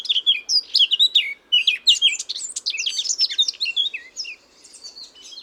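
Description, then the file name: Eurasian blackcap singing a hurried, varied warble of squeaky and fluty slurred notes, pausing briefly once before continuing in a dense, scratchy burst. "Sylvia atricapilla"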